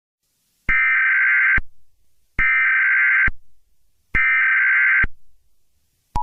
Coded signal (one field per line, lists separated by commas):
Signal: Emergency Alert System (SAME) tones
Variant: header bursts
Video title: Eas Scenario: Apocalipsis Calle Dalmatas 101 (Capitulo 01: el comienzo)